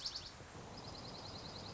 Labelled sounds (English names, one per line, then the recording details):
Dark-eyed Junco
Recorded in Sonoma County, California